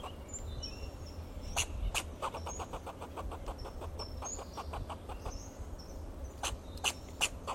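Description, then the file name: Fox squirrel calling in repeated clucking pulses, roughly two or three per second, with a few sharp clicks and a low hum. "Sound of a Fox Squirrel"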